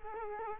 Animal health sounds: mosquito wingbeat signal from an infrared sensor; Culex quinquefasciatus

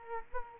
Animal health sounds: mosquito wingbeat signal from an infrared sensor; Culex quinquefasciatus

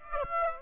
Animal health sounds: mosquito wingbeat signal from an infrared sensor; Aedes aegypti

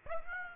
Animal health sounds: mosquito wingbeat signal from an infrared sensor; Aedes aegypti

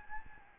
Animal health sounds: mosquito wingbeat signal from an infrared sensor; Aedes albopictus

